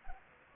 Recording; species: mosquito wingbeat signal from an infrared sensor; Anopheles gambiae